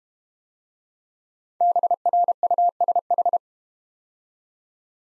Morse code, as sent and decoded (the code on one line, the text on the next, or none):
-... .-. ..- ... ....
BRUSH